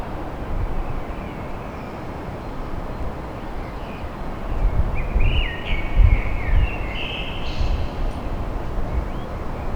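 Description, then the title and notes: Common blackbird singing a warbled phrase with a squeaky high finish in the second half, partly masked by swelling low traffic rumble. Recorded at dawn in Paris. "Blackbird Poetry At Paris On. Enregistrement d'un chant de merle à l'aube dans Paris"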